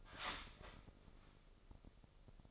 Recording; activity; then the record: daily activity, microphone in the room; start toaster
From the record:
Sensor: 5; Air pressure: 995.4 hPa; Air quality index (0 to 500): 107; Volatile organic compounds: 8 ppm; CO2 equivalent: 2057 ppm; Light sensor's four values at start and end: 35/85/34/35 and 35/85/34/35